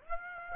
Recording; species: mosquito wingbeat signal from an infrared sensor; Aedes aegypti